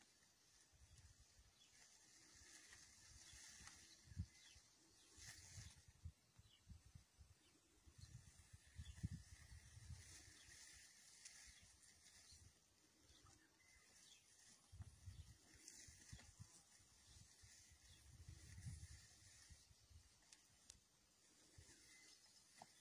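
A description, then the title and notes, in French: Two male grass snakes test each other over territory and dominance. Low, muffled rustling swells in uneven bursts, strongest around 2, 9, 15 and 18 seconds, with a few sharp ticks. A steady, thin high hiss runs underneath throughout. Deux mâles couleuvres qui s'éprouvent l'un l'autre pour définir qui occupera le territoire et qui sera le mâle dominant.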